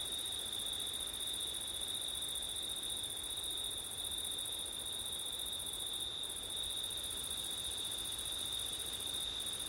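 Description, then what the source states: Cricket song as a continuous high, ringing trill with an airy higher layer, steady and unchanging, with soft background noise. Crickets singing on a September night, with wind.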